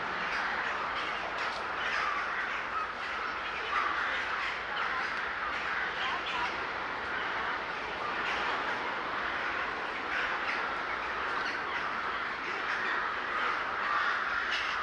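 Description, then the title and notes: Birds calling at once, a thick, rasping chorus of caws and squawks running steadily throughout. Gathering of birds recorded in S. Staszic Park, Łódź. "Ptaki W Parku Im. S. Staszica W Łodzi. Nagranie wykonane z parku im. S. Staszica w Łodzi. Zgromadzenie ptaków"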